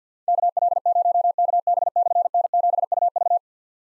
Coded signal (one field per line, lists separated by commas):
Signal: Morse code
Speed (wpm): 52 wpm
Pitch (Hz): 700 Hz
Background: none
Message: KL0KB/N7UV